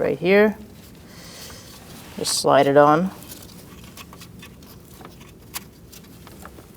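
A wiring harness connector is slid onto the alternator terminal of a 2008–2014 Mercedes-Benz C300 3.0L V6 during an alternator replacement, while someone talks. After the talk come a few faint handling ticks and a small sharp tap near 5.6 s. Nothing has clicked or seated yet.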